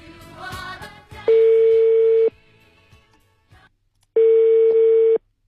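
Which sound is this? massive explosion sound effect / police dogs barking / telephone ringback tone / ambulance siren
telephone ringback tone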